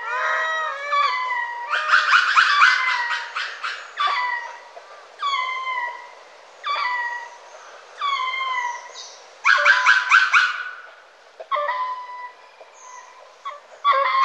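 Lemur calls: loud wailing calls in bursts separated by short pauses.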